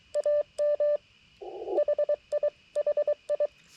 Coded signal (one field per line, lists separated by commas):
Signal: Morse code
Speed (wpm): 22 wpm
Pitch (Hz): 590 Hz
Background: none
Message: AM HI HI